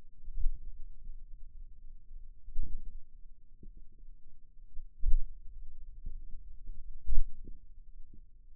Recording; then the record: forearm muscle sounds (acoustic myography)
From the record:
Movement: pen grasping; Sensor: system 2, bracelet of six BSWA MPA416 microphones around the upper forearm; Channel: 1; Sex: male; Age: 22 years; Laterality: right